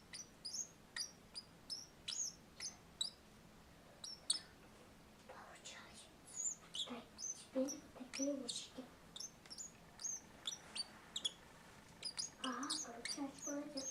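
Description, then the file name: Turquoise parrot song: long run of soft, high, squeaky chirps and thin sweeping notes, with a few quiet lower chatters. Male singing; described as the quietest parrot in the world. "samyi tixii popugai na svete poet samec travyanogo lazurnogo popugaya"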